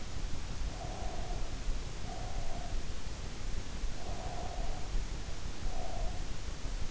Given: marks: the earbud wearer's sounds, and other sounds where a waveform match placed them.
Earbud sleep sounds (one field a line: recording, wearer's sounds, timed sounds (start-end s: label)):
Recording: sounds in sleep by an in-ear microphone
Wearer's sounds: breath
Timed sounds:
0.62-2.86 s: breath
3.87-6.32 s: breath